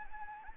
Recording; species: mosquito wingbeat signal from an infrared sensor; Anopheles arabiensis